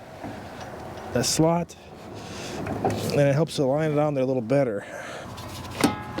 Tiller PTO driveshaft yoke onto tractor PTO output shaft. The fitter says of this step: Here, click into place and we're good to go.